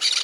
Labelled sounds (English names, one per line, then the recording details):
Brown-throated Parakeet contact call
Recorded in Margarita
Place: San Francisco, near stadium
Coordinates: 11.018, -64.294